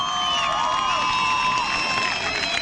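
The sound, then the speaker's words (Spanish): A crowd screams with excitement, many high-pitched voices shrieking and overlapping in a steady, loud wall of sound with no break for nearly three seconds. “Te hacemos gritar de emoción.”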